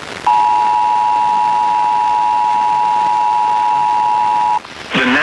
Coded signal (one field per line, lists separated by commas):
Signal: Emergency Alert System (SAME) tones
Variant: 853 and 960 Hz attention tone